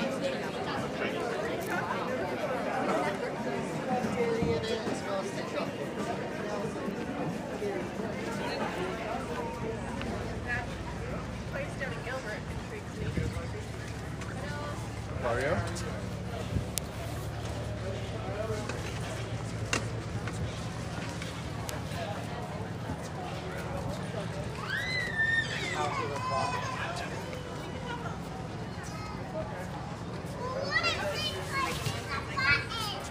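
People talk at a farmers market, many voices overlapping into a steady, dense murmur that holds level throughout. A low hum runs underneath, and a few brighter, higher voices, possibly children, stand out near 25 and 31 seconds.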